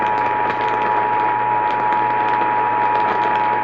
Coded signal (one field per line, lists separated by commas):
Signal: Emergency Alert System (SAME) tones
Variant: 853 and 960 Hz attention tone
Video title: Eas Fwd svr on KLIF-AM Eas#1976